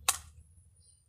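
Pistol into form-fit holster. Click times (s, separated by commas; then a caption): 0.1 s. A small Ruger Security 380 semi-automatic pistol is pushed into a form-fitted outside-the-waistband holster molded for the larger Ruger Security 9 mm. One sharp snap is heard at 0.09 s, followed by quiet low rumble, and the pistol is seated in the holster.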